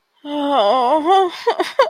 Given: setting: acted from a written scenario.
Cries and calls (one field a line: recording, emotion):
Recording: vocal sound without words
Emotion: sadness